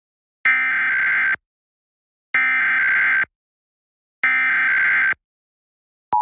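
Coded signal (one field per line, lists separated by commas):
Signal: Emergency Alert System (SAME) tones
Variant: header bursts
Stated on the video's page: Pennsylvania Required Monthly Test relayed by FM radio stations, a Trilithic EASyCAST relay, an Xfinity cable box and stream, and Philadelphia and Lancaster TV stations.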